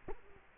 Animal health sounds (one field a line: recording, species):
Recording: mosquito wingbeat signal from an infrared sensor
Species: Culex quinquefasciatus